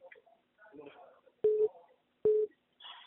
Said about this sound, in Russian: Подожди. Еще там кто-то звонит. Ты слышишь?